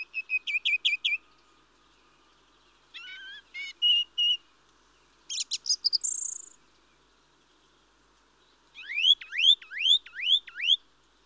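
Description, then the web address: Mistle thrush giving short series of repeated notes separated by pauses, ending in a run of slurred upswept notes. "The BBC Sound Effects Library. Mistle Thrush (Turdus Viscivorus)"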